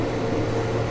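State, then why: Not seated. A crimped metal terminal with a small locking prong is being handled toward the first cavity of a 3-wire plastic JST-XH connector housing. Only a steady, even background hum with a low tone is heard, with no sharp transients. Nothing has seated or clicked yet.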